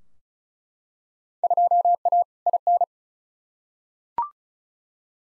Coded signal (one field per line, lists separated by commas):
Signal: Morse code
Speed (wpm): 36 wpm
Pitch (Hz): 700 Hz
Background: none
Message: 2A IN